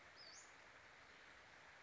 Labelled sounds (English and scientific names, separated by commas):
Western Flycatcher (Empidonax difficilis)